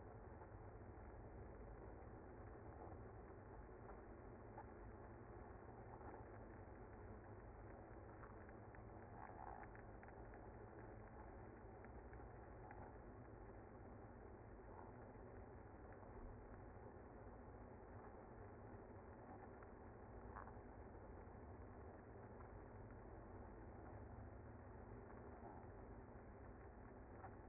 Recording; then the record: honeybee colony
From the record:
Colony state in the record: active